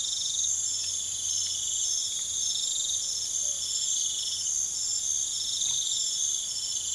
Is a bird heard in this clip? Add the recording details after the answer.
no. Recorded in pastures near Puerto Asís, Putumayo, Colombia, on 4 March 2025 at 02:00. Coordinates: 0.487, -76.322. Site G077